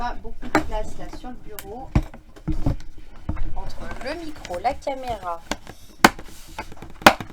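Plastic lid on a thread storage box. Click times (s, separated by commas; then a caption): 6.0 s, 7.1 s. Someone talks while closing a plastic storage box for DMC embroidery threads, and its lid snaps shut with two sharp clicks at 6.1 and 7.1 seconds. The lid is clipped securely closed.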